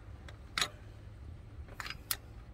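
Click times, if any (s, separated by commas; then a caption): 2.1 s. A click-type torque wrench, set to 24 Nm per the manual, is tightening an engine bolt during a cambelt and water pump job on a 1996 Mitsubishi Mirage Asti ZR. It ratchets back and forth with short ticks around 0.6 s and 1.8 s before giving its sharp audible click at 2.1 s. That click means the bolt has reached the correct torque.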